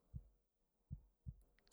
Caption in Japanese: とくん、とくんって、。 先輩を思う気持ちが溢れるように、心臓の鼓動が高鳴ってる。